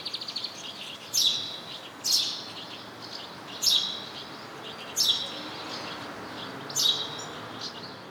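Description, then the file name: House sparrow chirps, five short sharp notes repeated at uneven intervals of about one to two seconds, over a faint background hiss. "Passer domesticus"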